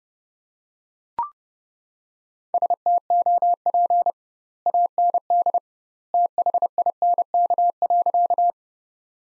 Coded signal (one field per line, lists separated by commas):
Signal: Morse code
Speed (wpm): 32 wpm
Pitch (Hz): 700 Hz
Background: none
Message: STOP AND THINK.